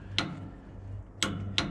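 A click-type torque wrench set to 25 foot-pounds tightens a fastener on a sawmill to stop the sawmill blade from jumping off. Three sharp, loud clicks sound at 0.2, 1.2 and 1.6 seconds over a faint, steady low hum. The wrench clicks at its setting, confirming the fastener has reached 25 foot-pounds.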